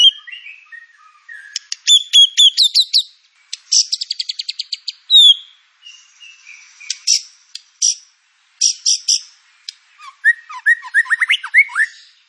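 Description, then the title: White-rumped shama song: varied bright phrases of clear whistles, rapid trills and sharp chips, pausing between bursts, ending in a run of quick notes. Lure song (pancingan) of white-rumped shama with full filler (isian) material. "PANCINGAN MURAI BATU. MURAI BATU FULL MATERI ISIAN"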